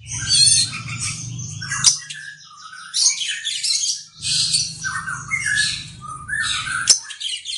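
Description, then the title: Oriental magpie-robin delivering bursts of scratchy, buzzy notes and short whistles in phrases separated by brief pauses, with a low droning hum at times. "Kacer"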